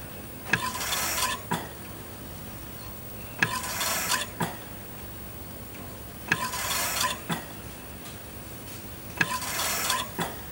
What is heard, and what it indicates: Hospital ICU. Ventilator recorded at machine end.